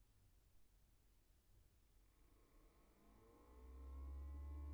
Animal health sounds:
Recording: poultry house recording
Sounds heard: no chicken sound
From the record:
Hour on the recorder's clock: 16

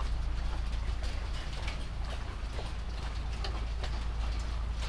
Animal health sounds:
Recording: poultry house recording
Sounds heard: sick chickens (respiratory disease)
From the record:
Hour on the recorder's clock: 0

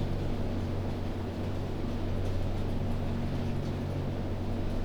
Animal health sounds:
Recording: poultry house recording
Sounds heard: no chicken sound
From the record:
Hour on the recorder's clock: 0

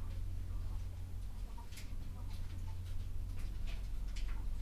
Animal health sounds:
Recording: poultry house recording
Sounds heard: sick chickens (respiratory disease)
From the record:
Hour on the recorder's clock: 11

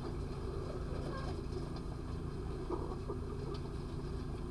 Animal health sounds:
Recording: poultry house recording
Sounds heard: sick chickens (respiratory disease)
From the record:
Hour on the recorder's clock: 3

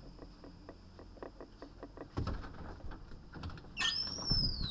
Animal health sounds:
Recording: poultry house recording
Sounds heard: no chicken sound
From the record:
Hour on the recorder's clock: 21

